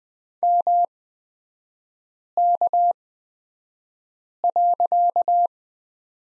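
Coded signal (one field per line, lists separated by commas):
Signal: Morse code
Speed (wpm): 20 wpm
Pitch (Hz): 700 Hz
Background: none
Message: MK.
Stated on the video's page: Morse code course lesson on the period with three-character groups, Farnsworth speed 20/10 wpm.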